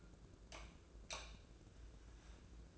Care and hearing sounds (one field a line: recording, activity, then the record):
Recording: daily activity, microphone in the room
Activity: light off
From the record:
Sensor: 2